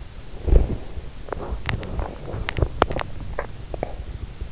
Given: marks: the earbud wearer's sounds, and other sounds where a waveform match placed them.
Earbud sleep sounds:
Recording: sounds in sleep by an in-ear microphone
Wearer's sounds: teeth grinding, swallowing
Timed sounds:
0.20-3.25 s: teeth grinding
3.23-4.12 s: swallowing

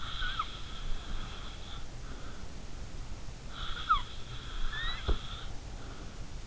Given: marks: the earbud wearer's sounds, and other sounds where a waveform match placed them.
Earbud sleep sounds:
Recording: sounds in sleep by an in-ear microphone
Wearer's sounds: snoring breath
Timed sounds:
0.00-2.58 s: snoring breath
3.49-5.62 s: snoring breath

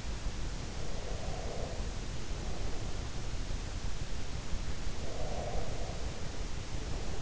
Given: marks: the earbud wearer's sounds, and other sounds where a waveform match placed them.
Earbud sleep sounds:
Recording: sounds in sleep by an in-ear microphone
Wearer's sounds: breath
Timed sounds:
0.69-2.70 s: breath
4.85-7.22 s: breath

